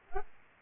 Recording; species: mosquito wingbeat signal from an infrared sensor; Aedes albopictus